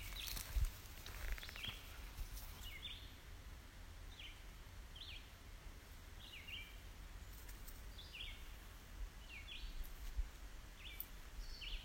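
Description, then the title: Bird chirps: short sharp notes repeated about every second, over steady low background noise. Recorded in a dune nature reserve. "沙丘自然保护区的鸟叫"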